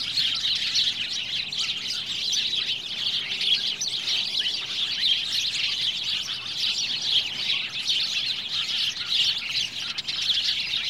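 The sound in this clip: Birds twittering together in a steady, busy chorus of high overlapping chirps lasting the whole time.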